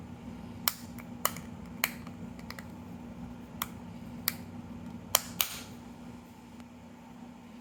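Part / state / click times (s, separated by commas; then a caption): plastic button half of a car key remote case into the battery-side half / seated / 0.7 s, 1.3 s, 1.8 s, 4.3 s, 5.1 s, 5.4 s. After the coin battery is fitted, the plastic button half of a Toyota car key remote case is pressed into the battery-side half until every side snaps into place. Sharp plastic snaps are heard at 0.7, 1.3, 1.8, 4.3, 5.2 and 5.4 seconds over a steady low hum, and the case halves are seated together.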